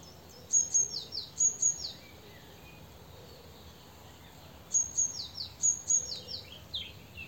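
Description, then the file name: Great tit: two groups of high thin notes, each followed by descending slurs, a few seconds apart over low background hiss. "Parus major"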